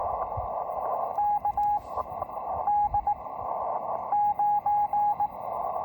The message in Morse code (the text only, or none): KD9